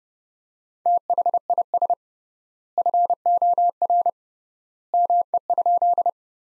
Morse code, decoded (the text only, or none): THIS FOR ME?